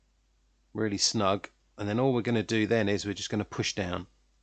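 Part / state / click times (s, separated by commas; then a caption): back cover of car remote key fob onto fob housing / not seated / none. Someone talks while the plastic back cover of a BMW remote car key fob, its two plastic prongs already slotted snugly in, is about to be pushed down onto the fob housing after a battery change. No cover snap is heard, and nothing has seated or clicked yet.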